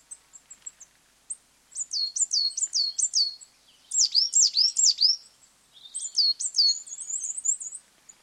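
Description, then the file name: Coal tits calling, rapid series of high downslurred whistles in overlapping bursts, with soft thin notes at the start and a twittering run near the end. Two pairs displaying to each other on a territorial boundary. "Tits BBC"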